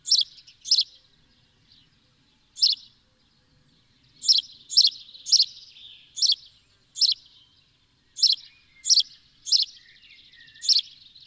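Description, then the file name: House sparrow chirps, single and doubled, coming in an irregular series with soft chatter between. "Passer domesticus"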